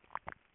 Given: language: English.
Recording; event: throat vibration sensor signal played as sound; swallow